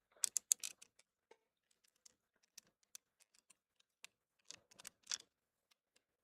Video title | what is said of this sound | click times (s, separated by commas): Finishing BB-8 While Watching The Sequels & Planning Improvements... | Gone. Gone. Satisfying click. | 0.2 s, 0.4 s, 0.5 s